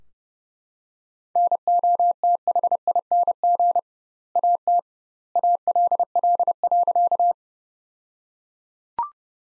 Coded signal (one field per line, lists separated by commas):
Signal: Morse code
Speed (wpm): 32 wpm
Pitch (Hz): 700 Hz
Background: none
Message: NOTHING AT ALL.